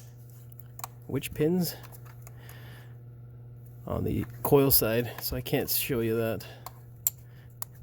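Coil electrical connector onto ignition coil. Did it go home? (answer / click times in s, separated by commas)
yes / 7.1 s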